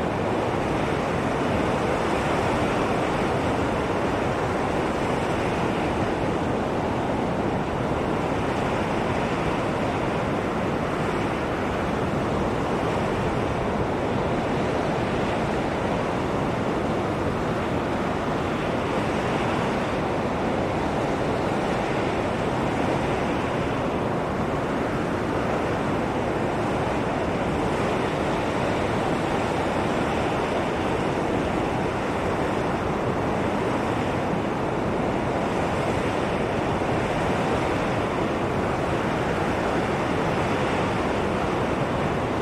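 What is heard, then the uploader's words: A desert wind storm roars without letup, a dense, steady rush weighted toward the low and middle range with a softer hiss above. Gusts swell and ease only slightly, and low buffeting rumbles against the microphone throughout. Desert Wind Storm Sounds White Noise.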